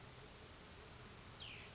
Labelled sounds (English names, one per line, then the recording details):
Cassin's Vireo
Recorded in Sonoma County, California